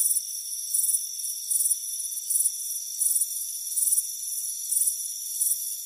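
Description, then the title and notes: Short pulsed cricket chirps repeat around once or twice a second, sharp and high, with a continuous thin ringing tone underneath. Crickets chirping on a warm afternoon on a front porch. "Soothing Crickets Chirping Sound. It's a warm afternoon as you relax in a hammock on the front porch. Relax and fall asleep to the soothing sound of chirping crickets. Deep Sleep Sounds"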